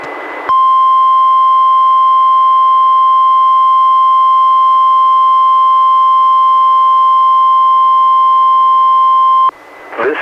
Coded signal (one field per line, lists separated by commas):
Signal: Emergency Alert System (SAME) tones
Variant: 1050 Hz attention tone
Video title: EAS #477: NWR Required Weekly Test- Mar. 17, 2021- 11:00AM PDT